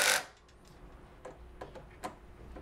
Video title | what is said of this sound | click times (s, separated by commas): How To Build a Custom Gaming Computer Antec High Current Pro HCP-1200 1200 Watt Modular Power Supply | I can do it all the way until it's tight till it clicks | 0.7 s, 1.2 s, 1.6 s, 2.1 s